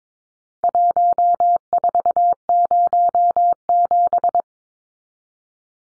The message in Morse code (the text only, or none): 1407